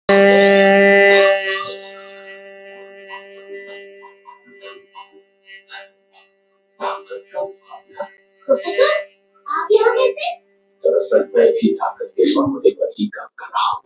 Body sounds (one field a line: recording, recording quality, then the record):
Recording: sustained vowel as in beet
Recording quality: excellent, no background noise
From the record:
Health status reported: healthy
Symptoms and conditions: diabetes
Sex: female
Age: 40 years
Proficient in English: yes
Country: India